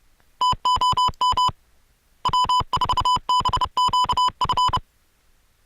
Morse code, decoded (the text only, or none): TOM W4BQF